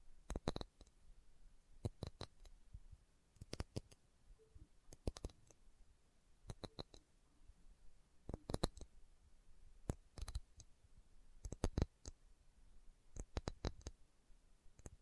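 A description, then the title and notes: Slow tapping: sharp, dry clicks come in small clusters of two to four, with a pause of a second or more between groups. The pace stays unhurried and fairly even across the clip, over a quiet, faint hiss. ASMR Slow Tapping for Deep Sleep (No Talking).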